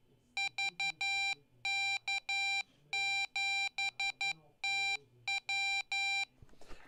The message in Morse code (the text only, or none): VK7TW